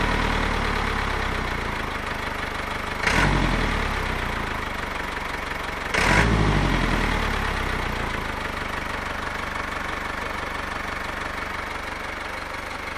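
A diesel truck idles, a steady low rumble with a fast regular chug and a rattly midrange clatter. Around three and six seconds the engine briefly revs louder, then settles back to a steady idle that slowly eases slightly quieter.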